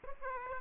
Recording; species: mosquito wingbeat signal from an infrared sensor; Aedes aegypti